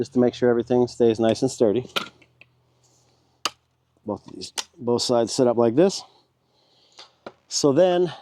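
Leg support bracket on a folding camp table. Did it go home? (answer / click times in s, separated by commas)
yes / 3.4 s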